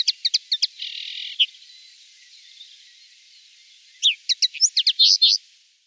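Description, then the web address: Bird calls in short bursts of sharp, high chirps, a buzzy rasping note in between, then a fast cluster of bright upslurred and downslurred notes near the end. "voegel stimmen"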